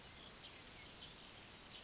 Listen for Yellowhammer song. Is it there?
no